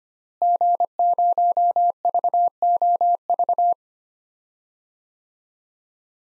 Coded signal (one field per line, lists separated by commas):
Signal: Morse code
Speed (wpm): 25 wpm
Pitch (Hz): 700 Hz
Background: none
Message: G0VOV